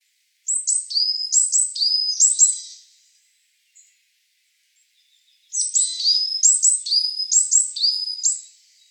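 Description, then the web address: Varied tit giving two bursts of rapid high calls, each a sharp note dropping to a lower drawn-out tone, separated by a short pause. Recorded on 19 March 2017. "birdenaga yamagara"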